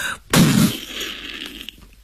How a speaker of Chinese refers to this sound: 一发子母炮弹从东边不知什么地方射出，击中了西边，接着就是一声大爆炸，随之从东侧传来欢呼和各种语言的叫骂声，西边则渐渐地沉寂下去。